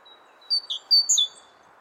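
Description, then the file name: Great tit with two quick phrases of sharp, high whistled notes stepping down in pitch, after a thin introductory tone, with a light hum underneath. "Great Tit, Kohlmeise"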